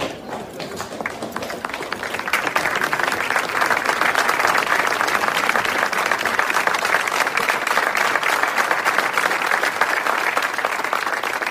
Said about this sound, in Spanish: Prepárense para recibir aplausos. Los aplausos los tendrían que recibir los soldados que están festejando no haberse muerto.